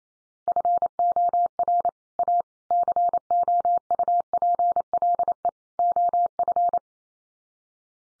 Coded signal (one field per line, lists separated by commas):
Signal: Morse code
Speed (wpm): 28 wpm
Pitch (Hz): 700 Hz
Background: none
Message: FOR A COUPLE OF